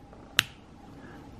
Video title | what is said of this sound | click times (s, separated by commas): SOS lock switch malfunction on DeLorme inReach Explorer | lock it you slide it over until you hear an audible click so | 0.4 s